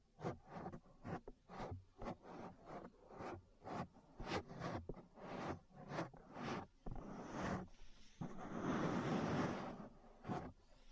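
Ear massage sounds: a run of quick rubbing and brushing strokes, about two per second, each a short bright swish with a low thump beneath. Near the end, from about eight to ten seconds, the strokes merge into one longer, fuller rumbling rub before a final swish.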